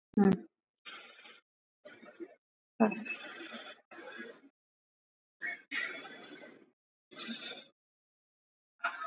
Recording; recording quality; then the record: shallow breathing; excellent, no background noise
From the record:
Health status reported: COVID-19 positive, mild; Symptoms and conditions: sore throat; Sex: male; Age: 28 years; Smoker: not ticked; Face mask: not worn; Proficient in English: yes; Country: India